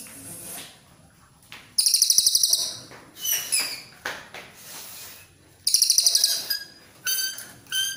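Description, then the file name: Cililin coklat song: two bright, high, fast-pulsed trills, with thin whistles and sharp chirps between them. "suara cililin coklat"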